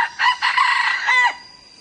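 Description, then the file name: Red junglefowl crow, a short harsh multi-part call trailing off after about a second, with a steady high insect whine behind it. Young male crowing. "ไก่ป่าหนุ่มขัน"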